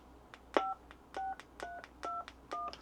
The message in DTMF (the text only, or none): 5 321